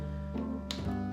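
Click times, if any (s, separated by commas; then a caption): 0.7 s. A brush head is fitted onto the handle of an Olay Advanced Cleansing System electric facial cleansing device over steady background music. A single sharp click at 0.7 seconds marks the brush head seating into place.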